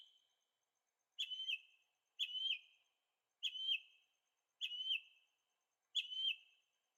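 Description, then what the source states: Bird repeating the same short warbled phrase five times, roughly once a second, each phrase a quick twisting whistle. Birds singing at night in Carefree, Arizona; recorded with a Zoom H6 and stereo microphones.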